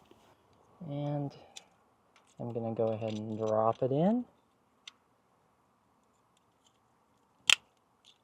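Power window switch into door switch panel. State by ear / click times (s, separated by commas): seated / 7.5 s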